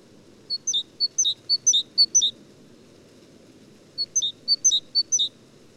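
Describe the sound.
Great tit: a steady series of bright two-note 'teacher' phrases, high then lower and curving, delivered in two strophes split by a brief pause; faint low hum behind.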